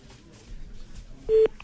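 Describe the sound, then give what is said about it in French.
A brief, loud, steady telephone ringing tone sounds near the end, a single flat mid-pitched beep of an outgoing call being placed, following a stretch of faint low background noise. “Allez, c'est parti, on y va, on l'appelle.”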